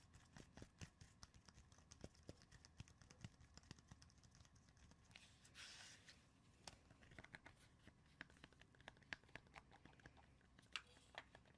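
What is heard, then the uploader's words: Irregular tapping and scratching, with sharp clicks scattered throughout, a brief bright scrape near six seconds, and a low steady rumble underneath. ASMR progressive soft to hard triggers // tapping and scratching // fast and aggressive.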